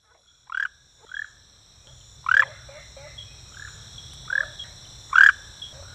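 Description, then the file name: Rhacophorus smaragdinus giving several short croaks, some loud and some softer, with a few low clucks over a continuous high insect whine. "Rhacophorus smaragdinus"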